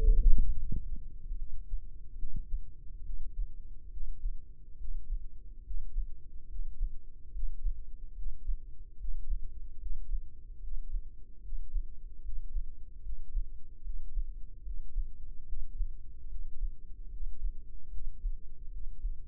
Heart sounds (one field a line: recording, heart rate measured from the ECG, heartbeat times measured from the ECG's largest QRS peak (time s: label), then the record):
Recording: heart sounds by microphone in the left ear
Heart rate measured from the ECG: 73 bpm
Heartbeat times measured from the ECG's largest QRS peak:
0.55 s: heartbeat
1.36 s: heartbeat
2.16 s: heartbeat
3.02 s: heartbeat
3.90 s: heartbeat
4.77 s: heartbeat
5.63 s: heartbeat
6.48 s: heartbeat
7.31 s: heartbeat
8.14 s: heartbeat
8.97 s: heartbeat
9.78 s: heartbeat
10.59 s: heartbeat
11.41 s: heartbeat
12.21 s: heartbeat
13.01 s: heartbeat
13.82 s: heartbeat
14.62 s: heartbeat
15.45 s: heartbeat
16.27 s: heartbeat
17.09 s: heartbeat
17.89 s: heartbeat
18.69 s: heartbeat
From the record:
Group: healthy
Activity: Valsalva maneuver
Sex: female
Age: 32 years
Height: 172 cm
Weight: 71.7 kg